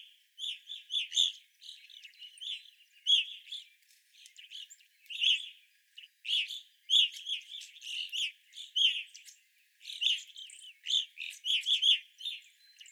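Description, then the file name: Evening grosbeaks calling steadily, a dense chatter of loud clipped chirps in quick clusters with only short gaps. Several evening grosbeaks, recorded 25 April 2021. "2021-04-25 Evening Grosbeaks"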